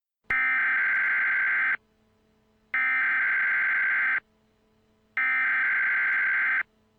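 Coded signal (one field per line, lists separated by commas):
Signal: Emergency Alert System (SAME) tones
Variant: header bursts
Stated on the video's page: Fictional scenario alert for a Los Angeles earthquake, possibly loud.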